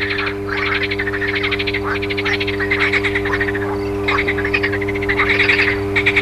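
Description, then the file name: Many frogs calling at once, fast pulsed croaks in almost unbroken sequences, growing busier toward the end, over a constant electrical hum. Frogs recorded alongside an electrical transformer's hum. "grenouilles et transformateur"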